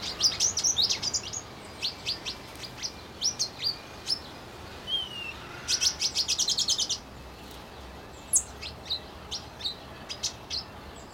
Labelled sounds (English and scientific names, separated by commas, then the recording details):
Pin-tailed Whydah (Vidua macroura)
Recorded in captivity
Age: adult
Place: Zoo Berlin, Berlin, DE
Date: 1992-05-09 11:51
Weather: wolkig, 11-14°C
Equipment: Nagra SN, Mikrofon AKG CK 8, Kopie Tesla B 116
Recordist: Tembrock, Günter
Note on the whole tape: Gesang (längere Stücke); Dauer ca. 5 min